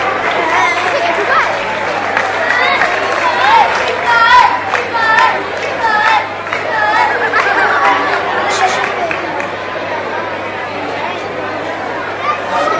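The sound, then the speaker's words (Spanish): Steady crowd applause at a Ubrique Town Council award ceremony, as a children's painting prize (up to 8 years) is handed over by Manu Chacón, Ubrique's urban planning delegate: a dense wash of many hands clapping at an even level for about thirteen seconds, with plenty of chatter and voices mixed through it. “Hace entrega Manu Chacón, delegado de Urbanismo del Ayuntamiento de Ubrique. Un aplauso.”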